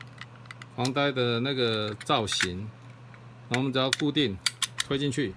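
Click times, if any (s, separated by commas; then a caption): none. Someone talks while handling a MAXCLAW PC142 ratchet pipe cutter, pushing the blade into its aluminium body toward the blade retaining pin, with a few light taps and handling noises near the start. The clip ends before the blade goes home, and nothing has seated or clicked yet.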